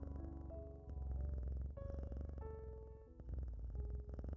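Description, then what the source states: Domestic cat purring, a heavy low rumble swelling and easing, with a few soft sustained music notes on top. Cat purring at the end of a guided relaxation meditation, mixed with calming music, for drifting off to sleep.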